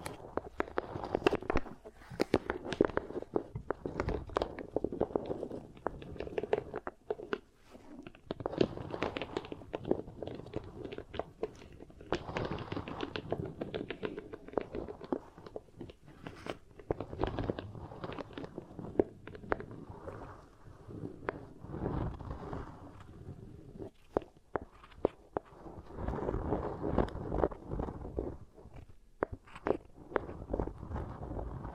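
Beeswax ear triggers: soft, sticky crackling and squishing pressed and worked in a steady rhythm throughout. Dense clusters of small crunchy pops come every second or so, with sharper snaps standing out now and then, over a low, muffled rubbing.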